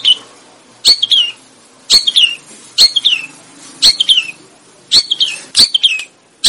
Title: Suara Burung Kutilang